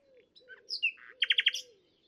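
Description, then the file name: Common nightingale song phrase of whistles, a buzzy note and four loud rapid downslurred notes, over a faint low continuous whistling hum. "Luscinia megarhynchos"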